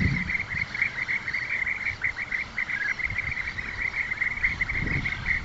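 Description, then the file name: European bee-eater calls, a dense chorus of rolling, liquid trilled notes overlapping continuously at a steady mid-high pitch, with faint low rumbling underneath. Recorded at Dydki. "Albert Lastukhin - Zolotistaya cshurka Merops apiaster"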